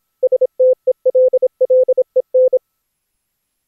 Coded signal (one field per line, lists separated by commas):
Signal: Morse code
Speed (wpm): 27 wpm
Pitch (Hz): 510 Hz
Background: none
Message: STELLEN